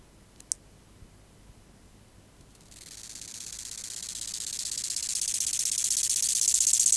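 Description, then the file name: Bow-winged grasshopper song: a few faint clicks, then one long, high buzz of rapid pulses that builds gradually in loudness over four seconds. "Chorthippus biguttulus"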